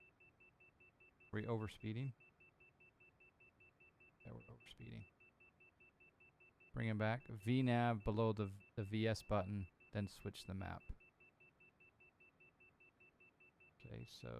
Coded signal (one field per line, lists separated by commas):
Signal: none